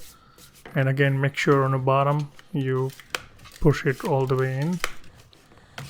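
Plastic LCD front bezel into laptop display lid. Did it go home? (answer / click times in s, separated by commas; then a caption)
yes / 5.8 s. Someone talks while the bottom edge of a plastic LCD front bezel is pushed all the way into the display lid of an HP Chromebook 14 during a screen replacement. A sharp click sounds at 5.8 s as the bottom clip snaps home and the bezel is seated.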